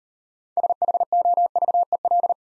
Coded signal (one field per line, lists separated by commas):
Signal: Morse code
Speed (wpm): 37 wpm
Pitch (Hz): 700 Hz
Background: none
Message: SHOVEL